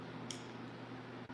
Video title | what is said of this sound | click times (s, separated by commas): TESTING Melodysusie Scamander Rechargeable Nail Drill 30,000 RPM (LIVE!) | well then i suppose it does kind of click when you lock it because think about it | 0.3 s